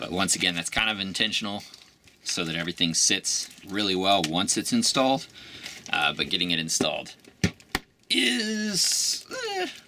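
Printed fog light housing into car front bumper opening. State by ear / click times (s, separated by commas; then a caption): seated / 7.4 s, 7.8 s. A 3D-printed plastic LED fog light housing, or bezel, is pressed into the fog light opening of a car's front bumper while someone talks. Sharp snaps are heard at 7.4 s and 7.8 s as it seats snugly in place.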